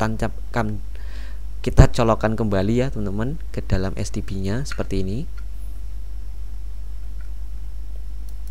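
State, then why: Seated. A microSD memory card holding burned OpenWrt firmware is pushed back into the card slot of a set-top box. Someone talks for the first five seconds, then small sharp sounds follow near 7.2 s and 8.5 s. The card clicks into the slot and seats at 8.3 s.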